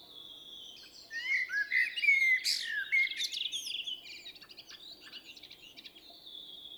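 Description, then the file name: Common blackbird song: a mellow warbled phrase ending in high twittering, over continuous high trilling from other birds. "Turdus merula"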